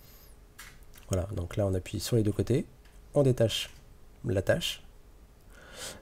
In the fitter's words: Ce qui est très pratique, c'est qu'on peut déjà donc attacher son appareil à cette fixation et ensuite elle vient se clipser